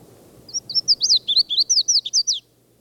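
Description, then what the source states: Red-faced Warbler delivering a bright, rapid run of high, sweet slurred notes lasting about two seconds before stopping cleanly. At the foot of Mount Elden Road on 17 May, about 10:00–10:30, after several other calls; song given while the bird flew from tree to tree.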